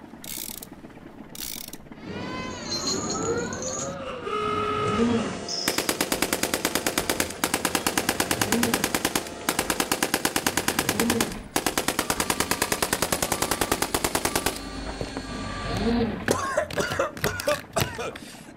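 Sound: machine gun fire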